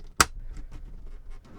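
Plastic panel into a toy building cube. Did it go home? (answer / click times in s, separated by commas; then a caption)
yes / 0.2 s. A plastic panel of a 2020 Fortnite Cube toy from Jazwares is pressed onto the assembled cube structure. It pops into place with one sharp, loud click at 0.2 s, followed by faint handling ticks around 0.6 s and 1.6 s. The panel is seated and the cube feels sturdier.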